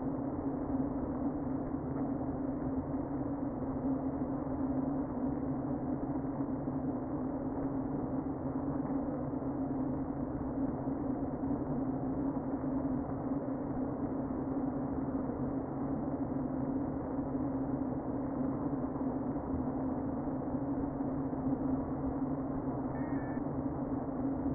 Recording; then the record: honeybee colony, microphone inside the hive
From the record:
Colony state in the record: queen present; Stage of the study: before two queens were removed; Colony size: about 60,000 bees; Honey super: yes